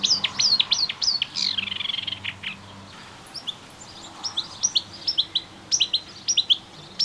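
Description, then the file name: Melodious warbler song: a rapid chattering phrase opens, then a pause and renewed quick, high chirps and twitters in short bursts. Recorded in a garden on 25 June 2017. "Orpheusspötter 2017 06 25 Garten"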